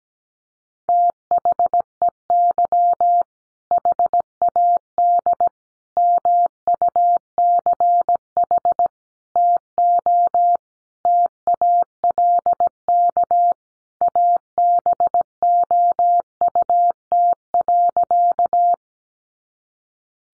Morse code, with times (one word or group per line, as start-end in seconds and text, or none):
0.9-3.2 THEY
3.7-5.5 HAD
6.0-8.9 MUCH
9.4-10.6 TO
11.1-13.5 TALK
14.0-18.7 ABOUT.